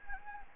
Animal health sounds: mosquito wingbeat signal from an infrared sensor; Anopheles gambiae

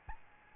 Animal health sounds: mosquito wingbeat signal from an infrared sensor; Aedes albopictus

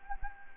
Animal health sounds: mosquito wingbeat signal from an infrared sensor; Anopheles gambiae

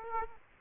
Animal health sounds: mosquito wingbeat signal from an infrared sensor; Aedes aegypti

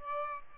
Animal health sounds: mosquito wingbeat signal from an infrared sensor; Aedes albopictus

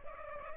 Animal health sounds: mosquito wingbeat signal from an infrared sensor; Culex pipiens

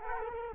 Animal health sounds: mosquito wingbeat signal from an infrared sensor; Culex quinquefasciatus

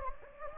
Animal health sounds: mosquito wingbeat signal from an infrared sensor; Anopheles gambiae

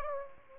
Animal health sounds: mosquito wingbeat signal from an infrared sensor; Aedes aegypti

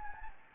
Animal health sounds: mosquito wingbeat signal from an infrared sensor; Anopheles gambiae

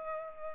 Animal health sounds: mosquito wingbeat signal from an infrared sensor; Culex pipiens

